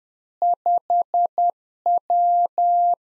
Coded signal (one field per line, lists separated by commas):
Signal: Morse code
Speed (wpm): 10 wpm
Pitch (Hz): 700 Hz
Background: none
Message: 5W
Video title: Practice QSO - Exchange 2- Info - 10wpm